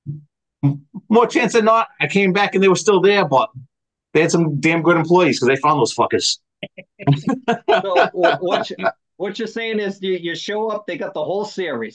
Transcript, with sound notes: More chance than not, I came back and they were still there, but they had some damn good employees, 'cause they found those fuckers. (all laughing) - What you're saying is that you show up, they got the whole series,